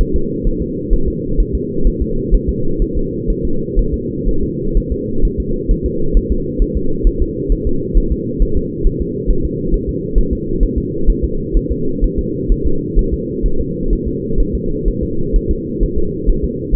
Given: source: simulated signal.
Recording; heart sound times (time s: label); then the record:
fetal heart sounds
0.01 s: S1
0.16 s: S2
0.47 s: S1
0.62 s: S2
0.93 s: S1
1.08 s: S2
1.40 s: S1
1.55 s: S2
1.87 s: S1
2.02 s: S2
2.34 s: S1
2.49 s: S2
2.82 s: S1
2.97 s: S2
3.30 s: S1
3.45 s: S2
3.79 s: S1
3.94 s: S2
4.29 s: S1
4.43 s: S2
4.77 s: S1
4.92 s: S2
5.25 s: S1
5.40 s: S2
5.71 s: S1
5.86 s: S2
6.17 s: S1
6.32 s: S2
6.62 s: S1
6.77 s: S2
7.07 s: S1
7.22 s: S2
7.52 s: S1
7.67 s: S2
7.98 s: S1
8.12 s: S2
8.42 s: S1
8.57 s: S2
8.87 s: S1
9.02 s: S2
9.30 s: S1
9.45 s: S2
9.74 s: S1
9.89 s: S2
10.18 s: S1
10.33 s: S2
10.63 s: S1
10.78 s: S2
11.10 s: S1
11.24 s: S2
11.57 s: S1
11.72 s: S2
12.04 s: S1
12.19 s: S2
12.52 s: S1
12.67 s: S2
12.99 s: S1
13.14 s: S2
13.46 s: S1
13.61 s: S2
13.93 s: S1
14.08 s: S2
14.40 s: S1
14.55 s: S2
14.88 s: S1
15.03 s: S2
15.36 s: S1
15.51 s: S2
15.83 s: S1
15.98 s: S2
16.30 s: S1
16.44 s: S2
16.75 s: S1
From the record:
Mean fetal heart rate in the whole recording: 130 bpm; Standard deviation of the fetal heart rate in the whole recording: 4 bpm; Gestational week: 38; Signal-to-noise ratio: -8.1 dB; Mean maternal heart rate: 72 bpm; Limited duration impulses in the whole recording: present